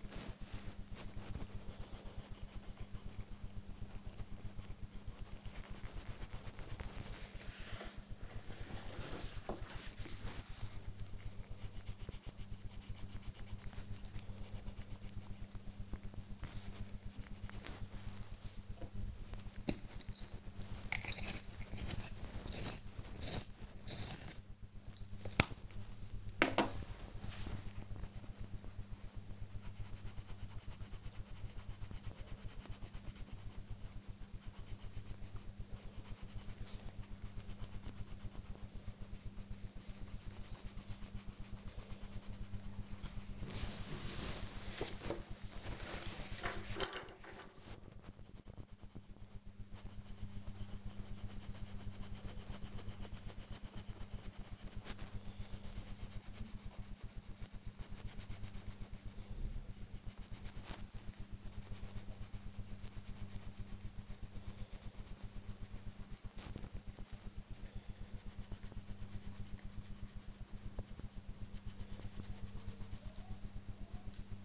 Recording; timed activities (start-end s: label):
household activities, microphone on the right wrist
0.00-56.38 s: drawing
61.40-74.45 s: drawing